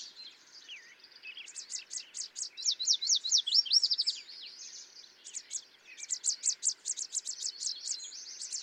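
Yellow warbler singing a quick high series of slurred notes, building to a louder middle phrase.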